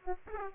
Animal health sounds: mosquito wingbeat signal from an infrared sensor; Aedes aegypti

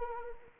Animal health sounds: mosquito wingbeat signal from an infrared sensor; Anopheles arabiensis

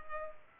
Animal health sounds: mosquito wingbeat signal from an infrared sensor; Culex pipiens

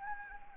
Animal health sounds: mosquito wingbeat signal from an infrared sensor; Anopheles arabiensis

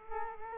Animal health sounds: mosquito wingbeat signal from an infrared sensor; Culex quinquefasciatus

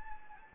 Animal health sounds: mosquito wingbeat signal from an infrared sensor; Anopheles gambiae

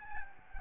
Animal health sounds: mosquito wingbeat signal from an infrared sensor; Aedes albopictus

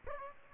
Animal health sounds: mosquito wingbeat signal from an infrared sensor; Aedes aegypti

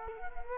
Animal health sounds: mosquito wingbeat signal from an infrared sensor; Culex quinquefasciatus

